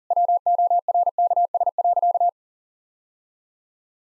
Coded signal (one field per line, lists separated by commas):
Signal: Morse code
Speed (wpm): 40 wpm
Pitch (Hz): 700 Hz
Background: none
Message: WORKS.